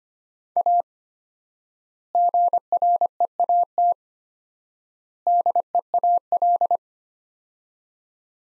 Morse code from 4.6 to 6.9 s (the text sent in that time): DEAL